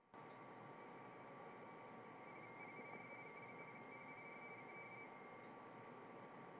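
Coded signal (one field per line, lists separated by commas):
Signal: RTTY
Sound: rapid warbling two-tone teletype chatter over steady hiss, with a faint constant hum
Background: room noise, fan hum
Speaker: go ahead and give it a try I think I've got uh got the audio set up so we'll be able to hear it and that just call you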